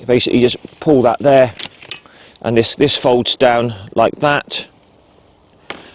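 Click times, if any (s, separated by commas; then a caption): 5.7 s. Someone talks while pulling the release on the folding metal handlebar stem of an ENGWE EP-2 Pro folding electric bike and folding the stem down. At 5.7 s a single sharp click is heard as the stem latches onto the bike's head tube mount, a firm, positive click that shows it has seated.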